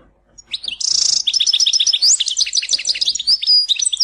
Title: Chant Chardonneret